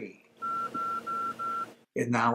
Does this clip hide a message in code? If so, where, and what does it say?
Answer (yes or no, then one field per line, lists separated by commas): no